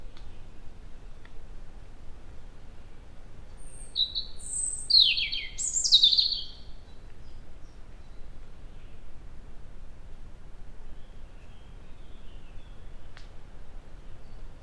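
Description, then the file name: European robin song: one high, intricate phrase of thin whistled notes and rapid warbles, with faint clicks before and after. "Erithacus rubecula"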